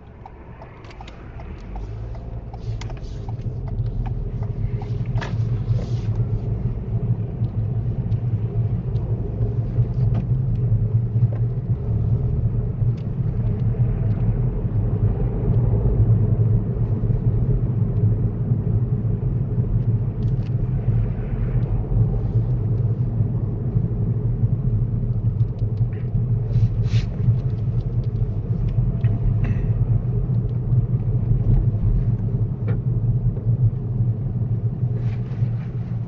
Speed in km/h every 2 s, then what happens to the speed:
0, 11, 15, 18, 21, 21, 26, 29, 26, 24, 29, 24, 21, 23, 24, 21, 18, 15.
0-13 pulls away to 29. 28-36 slows to 15.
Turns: none.